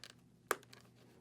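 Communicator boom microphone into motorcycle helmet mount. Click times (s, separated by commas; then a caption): 0.5 s. The boom microphone of a Sena SRL Bluetooth communicator is pushed into its mount on a Shoei Neotec II motorcycle helmet. A few faint ticks come before and after one sharp click at 0.5 s, and the microphone is seated in position.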